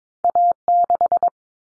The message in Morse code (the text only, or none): A6